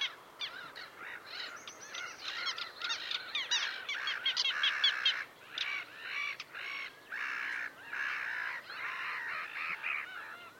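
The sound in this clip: Bird calls: a noisy flock of harsh, honking and squawking notes, dense at first, then coming in bursts about a second apart.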